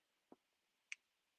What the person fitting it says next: So there, still clicks on a tiny bit.